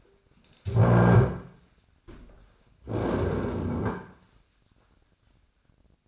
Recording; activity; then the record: daily activity, microphone in the room; stand up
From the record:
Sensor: 2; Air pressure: 1009.2 hPa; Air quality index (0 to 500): 167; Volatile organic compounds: 2 ppm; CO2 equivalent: 1220 ppm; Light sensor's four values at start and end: 42/113/47/53 and 42/112/47/52